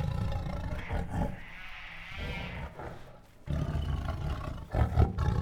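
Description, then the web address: Tiger giving deep growls, then a higher moan around two seconds, a quieter stretch, and renewed deep growling to the end. Restless tiger producing growls, huffs, moans and roars. "Sound Ideas Tigers"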